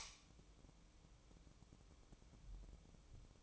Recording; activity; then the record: daily activity, microphone in the room; light on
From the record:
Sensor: 1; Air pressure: 1008.0 hPa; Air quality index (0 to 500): 126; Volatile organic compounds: 2 ppm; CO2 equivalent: 1060 ppm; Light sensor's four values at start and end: 9/22/9/9 and 17/51/21/22